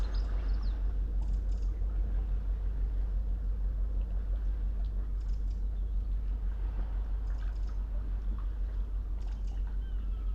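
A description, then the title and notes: A smooth sea at sunrise, heard from a tree growing out of boulders at the water's edge, makes a steady low rumble that hardly changes across the clip. Brief bright chirps, likely birds, come through every couple of seconds over it. Early morning below Nothe Fort. The sound-scene is of a smooth, sunrise sea, heard from a tree, growing up out of a bundle of boulders, close to the water's edge. It's early April, and just after daybreak.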